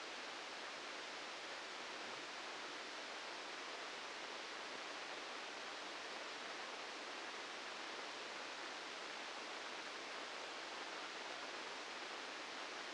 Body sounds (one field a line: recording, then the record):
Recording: brain microelectrode recording played as sound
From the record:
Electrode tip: outside the subthalamic nucleus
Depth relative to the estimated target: -3 mm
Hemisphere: left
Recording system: NeuroSet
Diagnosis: Parkinson's disease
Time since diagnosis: 9 years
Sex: male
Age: 61 years